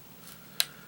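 A plastic toy brick piece is pushed onto the studs of a Spin Master Pokémon Ionix Mega Venusaur brick model. After a quiet lead-in, a single sharp, bright click sounds at 0.6 s as the brick snaps into place, then fades quickly. The piece is seated.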